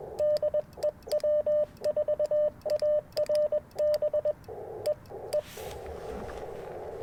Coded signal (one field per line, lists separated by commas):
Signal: Morse code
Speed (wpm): 21 wpm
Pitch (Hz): 600 Hz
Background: radio noise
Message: DE W4ARB E E